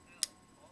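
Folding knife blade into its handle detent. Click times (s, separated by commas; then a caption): 0.2 s. The steel blade of a folding pocket knife is closed into its handle and snaps shut into its detent with one sharp, bright click at 0.2 seconds. The click rises well above a quiet background and dies away quickly. The blade is seated closed.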